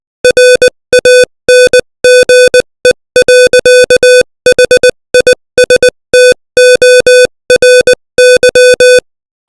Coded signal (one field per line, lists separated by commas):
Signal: Morse code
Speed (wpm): 20 wpm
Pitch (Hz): 500 Hz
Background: music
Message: RANGE.HISTORY